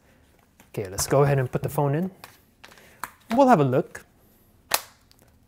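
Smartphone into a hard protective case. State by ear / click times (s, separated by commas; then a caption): seated / 4.7 s. A Google Pixel 4 XL smartphone is pressed into a rigid Rhinoshield SolidSuit protective case while someone talks. A sharp snap at 4.7 s marks the phone seating in the case, followed by a few faint clicks as it settles in snugly.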